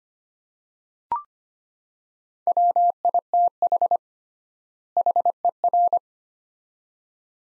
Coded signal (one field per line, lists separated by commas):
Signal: Morse code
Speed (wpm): 25 wpm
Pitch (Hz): 700 Hz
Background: none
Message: WITH HER